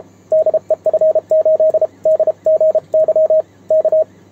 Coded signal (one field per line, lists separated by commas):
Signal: Morse code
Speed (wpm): 22 wpm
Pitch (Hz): 630 Hz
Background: radio noise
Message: DE F8DGY K